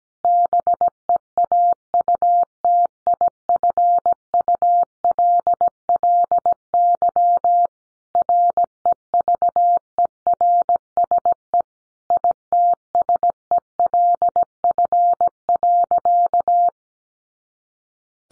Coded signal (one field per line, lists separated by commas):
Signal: Morse code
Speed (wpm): 17 wpm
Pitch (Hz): 700 Hz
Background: none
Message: BEAUTIFULLY REVERSE ITSELF.